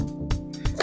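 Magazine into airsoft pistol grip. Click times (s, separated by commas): 0.8 s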